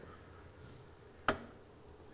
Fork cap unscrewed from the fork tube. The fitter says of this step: hear it click and a cat sit down again so that's disengaged from the threads